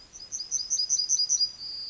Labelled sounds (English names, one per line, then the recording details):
Yellowhammer song
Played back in forest
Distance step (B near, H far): D
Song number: 106